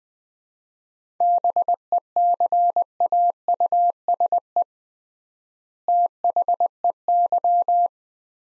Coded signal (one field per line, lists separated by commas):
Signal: Morse code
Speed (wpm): 20 wpm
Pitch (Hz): 700 Hz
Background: none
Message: BECAUSE THEY